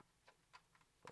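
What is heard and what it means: Fragile molded plastic flip-up guns on a vintage Kenner Batman '89 toy Batmobile are handled as they are pushed back down toward the car body. Faint plastic ticks sound around 0.3, 0.55 and 0.8 seconds, followed by a louder tick near the end at 1.1 seconds. Nothing has snapped or seated into place yet.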